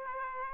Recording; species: mosquito wingbeat signal from an infrared sensor; Aedes aegypti